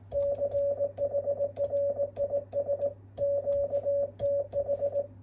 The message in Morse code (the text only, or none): CHRIS QTH